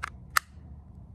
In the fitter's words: you can hear how secure that solid click is you're not going to lose this thing